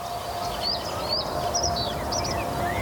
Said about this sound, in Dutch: Die rietgors is heel duidelijk aanwezig hier, hè?